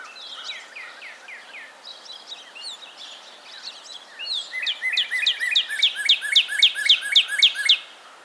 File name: Cardinalis cardinalis - Northern Cardinal